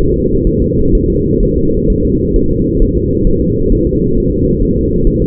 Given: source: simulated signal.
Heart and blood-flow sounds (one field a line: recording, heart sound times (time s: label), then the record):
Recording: fetal heart sounds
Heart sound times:
0.14 s: S2
0.47 s: S1
0.62 s: S2
0.95 s: S1
1.10 s: S2
1.43 s: S1
1.58 s: S2
1.90 s: S1
2.05 s: S2
2.36 s: S1
2.51 s: S2
2.82 s: S1
2.97 s: S2
3.27 s: S1
3.42 s: S2
3.72 s: S1
3.87 s: S2
4.18 s: S1
4.32 s: S2
4.62 s: S1
4.77 s: S2
5.07 s: S1
5.22 s: S2
From the record:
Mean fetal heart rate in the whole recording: 130 bpm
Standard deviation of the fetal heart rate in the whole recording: 4 bpm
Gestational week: 38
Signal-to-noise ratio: -15.3 dB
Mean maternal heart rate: 72 bpm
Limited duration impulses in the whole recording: present